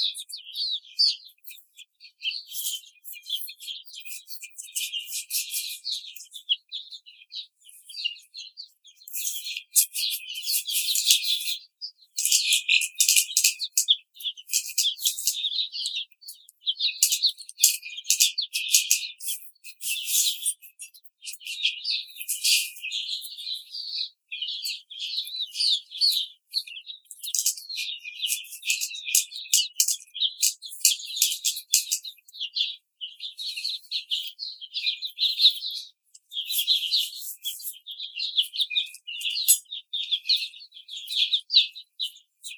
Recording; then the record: young laying hens in a cage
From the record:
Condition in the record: treatment cage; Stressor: simulated dog barking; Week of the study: 5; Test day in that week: 1